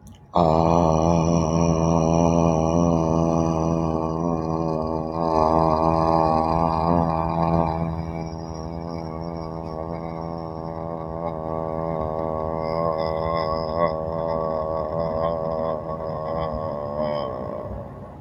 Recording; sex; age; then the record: vowel held as long as possible; male; 50 to 59 years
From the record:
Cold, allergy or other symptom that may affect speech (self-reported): no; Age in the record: 54 years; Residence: New York, United States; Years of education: 18